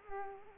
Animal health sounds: mosquito wingbeat signal from an infrared sensor; Culex quinquefasciatus

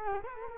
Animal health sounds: mosquito wingbeat signal from an infrared sensor; Culex quinquefasciatus

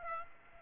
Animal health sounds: mosquito wingbeat signal from an infrared sensor; Aedes aegypti

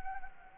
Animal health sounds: mosquito wingbeat signal from an infrared sensor; Anopheles gambiae

